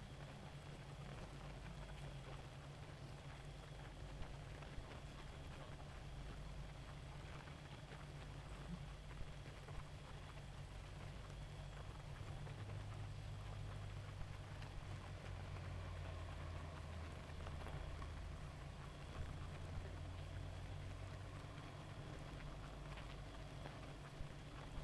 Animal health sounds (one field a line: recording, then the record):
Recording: honeybee colony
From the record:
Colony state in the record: active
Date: 28 July 2017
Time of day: 1:24